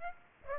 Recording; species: mosquito wingbeat signal from an infrared sensor; Aedes aegypti